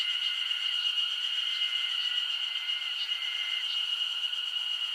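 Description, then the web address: Summer insects droning in an unbroken, shrill chorus, overlaid by a few short, level tonal notes that come and go. Japanese summer insect ambience. "Sound Effects-Foundation 1 AMBIENCE JAPANESE SUMMER INSECTS"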